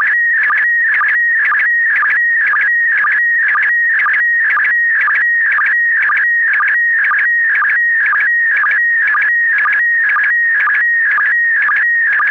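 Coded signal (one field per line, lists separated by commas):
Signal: SSTV (slow-scan television)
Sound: warbling, chirping tone with a regular short low click about twice a second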